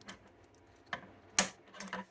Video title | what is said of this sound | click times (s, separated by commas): Tight/broken foot hinge repair for SIDESWIPE / RED ALERT / DEEP COVER | on both pieces like that, and then just ratcheted this until it would pop into place. | 1.4 s